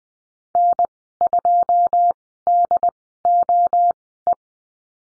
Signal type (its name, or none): Morse code